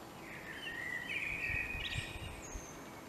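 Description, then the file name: Common blackbird song phrase: a mellow, wavering fluted warble that rises into a brief squeaky high flourish at the end. "Turdus merula"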